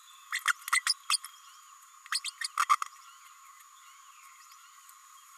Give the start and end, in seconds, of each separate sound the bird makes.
0.72-0.83, 0.86-0.93, 1.09-1.17, 2.12-2.20, 2.25-2.30, 2.41-2.47, 2.57-2.65, 2.69-2.76